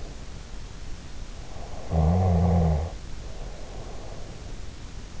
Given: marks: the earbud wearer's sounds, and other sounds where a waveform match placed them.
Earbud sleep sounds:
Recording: sounds in sleep by an in-ear microphone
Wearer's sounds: snoring breath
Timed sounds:
1.50-4.35 s: snoring breath

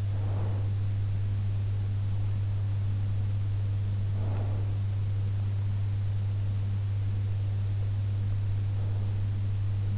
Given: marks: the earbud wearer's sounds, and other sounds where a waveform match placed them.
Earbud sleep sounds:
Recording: sounds in sleep by an in-ear microphone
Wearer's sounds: breath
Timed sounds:
0.00-0.89 s: breath
4.03-4.96 s: breath

